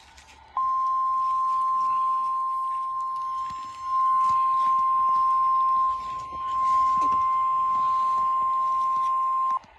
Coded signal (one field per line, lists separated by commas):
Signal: Emergency Alert System (SAME) tones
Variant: 1050 Hz attention tone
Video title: Tornado Warning On Station WJX73 (Quad Cities, IA) EAS #184 Station Credits To ???